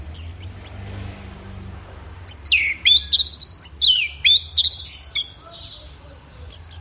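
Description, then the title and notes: Orange-headed thrush singing a lively run of bright, high whistles with falling slurs and quick stuttered notes, delivered in dense bursts after a short opening phrase. Bird in full, vigorous song (gacor, teler), offered as a track for training songbirds; offline collection. "Anis Merah Gacor Teler Untuk. Kumpulan Suara Burung Anis Offline"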